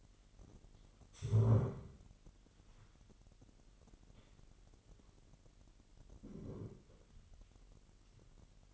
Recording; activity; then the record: daily activity, microphone in the room; stand up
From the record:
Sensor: 4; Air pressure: 999.2 hPa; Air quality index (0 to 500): 113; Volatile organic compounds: 2 ppm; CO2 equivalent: 1120 ppm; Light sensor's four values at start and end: 12/29/12/13 and 12/29/12/13